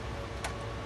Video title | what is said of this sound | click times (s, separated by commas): Upgrading The Chia Farm Dl380 Gen 7 | هنوز قفل نشده است | 0.4 s